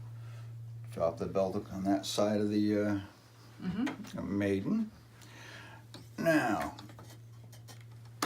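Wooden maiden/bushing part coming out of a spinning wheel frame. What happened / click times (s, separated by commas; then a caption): The wooden part clicked free of its seat / 8.2 s. Someone talks while taking apart a wooden Mariah spinning wheel, with the belt dropped on one side of the maiden and a steady low hum underneath. A wooden maiden/bushing part on the maiden assembly is pushed down so it can come out, and it clicks free with a sharp, loud click at 8.2 s, releasing the part.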